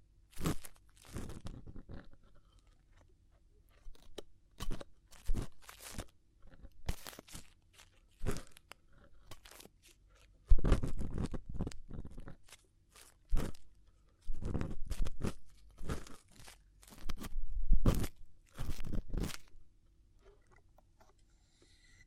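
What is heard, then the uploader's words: Ear cleaning in Chinese style: crisp scratchy crunches and rustles in irregular bursts, some dense clusters, with quiet pauses and a faint low hum. ASMR Chinese Ear Cleaning for Stress Relief (No Talking).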